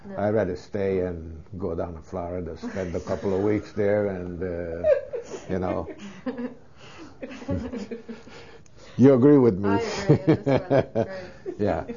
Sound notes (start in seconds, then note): 7.2 they laugh; 9.9 he laughs